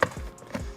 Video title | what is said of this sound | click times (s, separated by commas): How To Professionally Install Precut Window Tint - Gasket Removed - 2018 Dodge RAM 1500 | So you lift this up, you hear the click, that's on, that's | 0.0 s